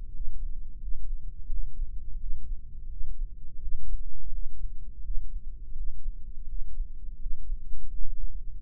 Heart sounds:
heart sounds by microphone in the right ear; 85 bpm
0.09 s: heartbeat
0.77 s: heartbeat
1.45 s: heartbeat
2.15 s: heartbeat
2.85 s: heartbeat
3.57 s: heartbeat
4.28 s: heartbeat
4.99 s: heartbeat
5.72 s: heartbeat
6.44 s: heartbeat
7.16 s: heartbeat
7.87 s: heartbeat
8.60 s: heartbeat
From the record:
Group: healthy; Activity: breath hold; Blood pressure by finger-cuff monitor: 116/86 mmHg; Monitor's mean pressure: 94 mmHg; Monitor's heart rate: 85 bpm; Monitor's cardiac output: 6 L/min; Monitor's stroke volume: 71 mL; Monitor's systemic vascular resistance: 1140 dyn s/cm5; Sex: male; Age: 21 years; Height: 180 cm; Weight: 67.5 kg

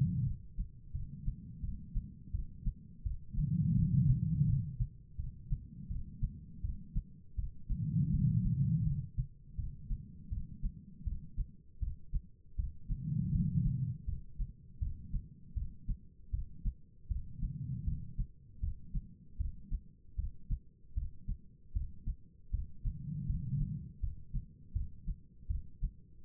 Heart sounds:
heart sounds by stethoscope; 81 bpm
0.24 s: heartbeat
0.92 s: heartbeat
1.61 s: heartbeat
2.32 s: heartbeat
3.04 s: heartbeat
3.75 s: heartbeat
4.46 s: heartbeat
5.17 s: heartbeat
5.88 s: heartbeat
6.62 s: heartbeat
7.36 s: heartbeat
8.11 s: heartbeat
8.84 s: heartbeat
9.56 s: heartbeat
10.30 s: heartbeat
11.04 s: heartbeat
11.80 s: heartbeat
12.56 s: heartbeat
13.32 s: heartbeat
14.06 s: heartbeat
14.79 s: heartbeat
15.54 s: heartbeat
16.31 s: heartbeat
17.08 s: heartbeat
17.85 s: heartbeat
18.60 s: heartbeat
19.38 s: heartbeat
20.16 s: heartbeat
20.94 s: heartbeat
21.73 s: heartbeat
22.51 s: heartbeat
23.27 s: heartbeat
24.00 s: heartbeat
24.73 s: heartbeat
25.47 s: heartbeat
26.23 s: heartbeat
From the record:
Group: healthy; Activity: rest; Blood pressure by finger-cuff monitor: 157/109 mmHg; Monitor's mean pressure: 127 mmHg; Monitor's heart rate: 81 bpm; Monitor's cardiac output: 4.6 L/min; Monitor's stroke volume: 56 mL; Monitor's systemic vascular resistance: 2080 dyn s/cm5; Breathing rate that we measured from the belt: 14 breaths a minute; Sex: female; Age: 51 years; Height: 162 cm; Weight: 70.04 kg

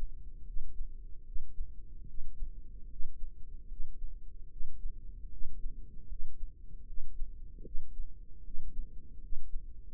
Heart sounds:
heart sounds by microphone in the right ear; 75 bpm
0.46 s: heartbeat
1.25 s: heartbeat
2.07 s: heartbeat
2.90 s: heartbeat
3.69 s: heartbeat
4.50 s: heartbeat
5.31 s: heartbeat
6.09 s: heartbeat
6.87 s: heartbeat
7.64 s: heartbeat
8.44 s: heartbeat
9.21 s: heartbeat
From the record:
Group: healthy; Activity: cold pressor test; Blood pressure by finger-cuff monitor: 141/95 mmHg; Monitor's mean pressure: 108 mmHg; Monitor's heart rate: 75 bpm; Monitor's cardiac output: 7.7 L/min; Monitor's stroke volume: 102 mL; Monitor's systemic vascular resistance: 1030 dyn s/cm5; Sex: male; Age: 30 years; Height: 188 cm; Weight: 110.2 kg

